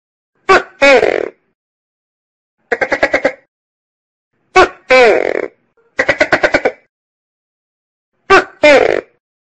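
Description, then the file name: Tokay gecko calling in a steady cycle of loud bark-and-croak pairs alternating with rapid pulsed rattles, each phrase separated by a short silence. "Tieng keu cua con tac ke"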